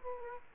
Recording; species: mosquito wingbeat signal from an infrared sensor; Aedes aegypti